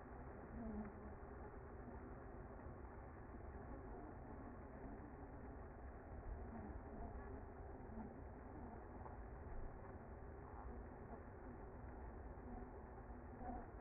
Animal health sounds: honeybee colony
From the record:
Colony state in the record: active

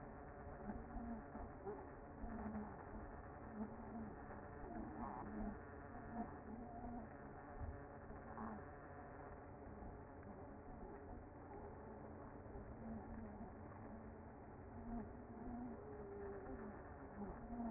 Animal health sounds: honeybee colony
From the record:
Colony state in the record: active

